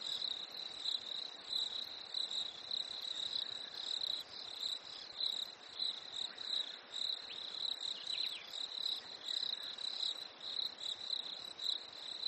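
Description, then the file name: Continuous cricket chirping, shrill and pulsing throughout, with a few brief downward bird notes near the middle. Nature ambience at a lake in winter, with crickets and birds. "smartsound ATMO NATURE Fresh Winter Lake Crickets Birds"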